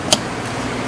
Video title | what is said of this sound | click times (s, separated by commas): Headlight Bulb Replacement 2010 Ford Transit Connect | you'll hear it snap in | 0.1 s